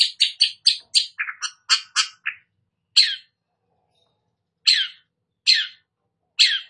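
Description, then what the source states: Long-tailed shrike song: a quick burst of scratchy chattered notes, then single harsh, downslurred calls, widely spaced. Called cendet; described as gacor, singing actively.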